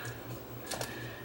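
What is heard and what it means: Inside a Pioneer CLD-V840 laser karaoke disc player with a no-load, no-play fault, a flat ribbon cable is pushed into its board connector and the connector's latching gate is closed, giving two sharp clicks at 0.7 s and 0.8 s over a steady low hum. The gate sounds and looks locked, but the cable is not fully seated and can still pull free.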